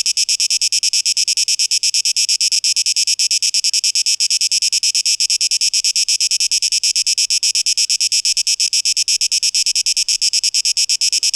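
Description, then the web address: Cicada song, a harsh high buzzing pulsed rapidly and steadily, continuing without a break throughout. Cicadas, 12 August 2023, tape echo mix. "rauschpartikel Audio 2023-08-12 Zikaden (Tape Echo Mix)"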